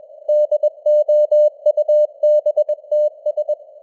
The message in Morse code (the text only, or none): DOUBTS